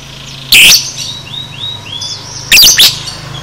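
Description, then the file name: Lovebird chirps: two loud, harsh, shrill bursts with soft, high whistled notes between them. Lovebird paud masteran recording, for training cage birds. "masteran lovebird paud"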